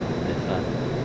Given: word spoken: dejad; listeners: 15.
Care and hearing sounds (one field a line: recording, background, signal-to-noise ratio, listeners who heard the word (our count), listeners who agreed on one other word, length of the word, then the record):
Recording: one Spanish word in noise, from a listening test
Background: speech-shaped noise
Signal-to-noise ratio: -6.8 dB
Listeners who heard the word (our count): 0 of 15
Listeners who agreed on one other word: 12 of 15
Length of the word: 0.65 s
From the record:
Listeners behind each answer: 12, 1, 1, 1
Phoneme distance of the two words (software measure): 10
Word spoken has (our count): 2 syllables, 5 phonemes, stress on syllable 2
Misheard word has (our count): 2 syllables, 5 phonemes, stress on syllable 2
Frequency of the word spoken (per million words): 0.97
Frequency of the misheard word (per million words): 147.47